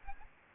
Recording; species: mosquito wingbeat signal from an infrared sensor; Aedes aegypti